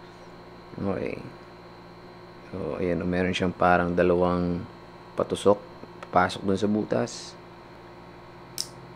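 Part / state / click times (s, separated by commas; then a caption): wireless mic receiver into action camera / seated / 8.6 s. A compact DJI Mic Mini wireless mic receiver has its two prongs pushed into the holes of an action camera's mounting port while someone talks over a steady low hum. A single sharp click at 8.6 seconds shows the receiver seating into the port.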